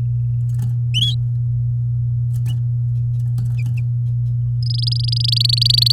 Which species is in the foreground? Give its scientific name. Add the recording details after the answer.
Serinus canaria. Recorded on 8 May 2018 at 12:06. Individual llb16